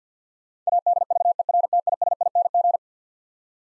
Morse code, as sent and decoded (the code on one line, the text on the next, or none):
.- -.. ...- . .-. - .. ... .. -. --.
ADVERTISING